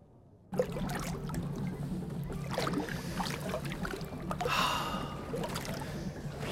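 A gondola gliding through water on a pleasure trip: a steady wash of lapping and swishing that starts abruptly, with a brighter splash of an oar stroke midway and a low rumble underneath. No voices.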